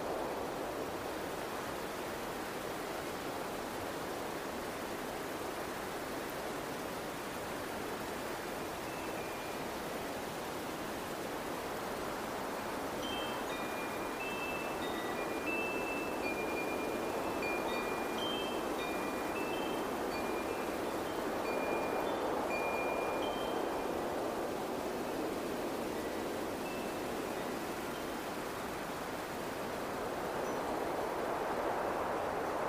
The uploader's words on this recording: Wind Chimes + Windy Sounds.